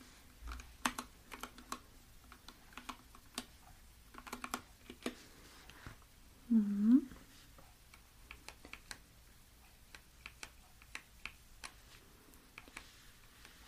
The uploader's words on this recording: The soft teller's voice combined with the satisfying clicks and rustles of cash, gentle keyboard taps and paper sounds.